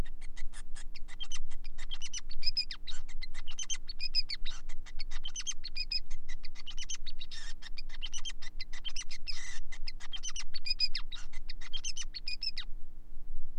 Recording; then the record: song of a male Bengalese finch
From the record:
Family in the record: son of father 5